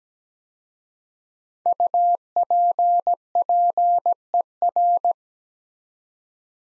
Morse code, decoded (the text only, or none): UPPER